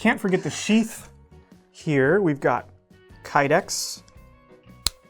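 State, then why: Seated. Someone talks as a fixed-blade knife is pushed into its molded kydex sheath. The retention snaps it home with a single sharp click at 4.9 s, and the knife is seated.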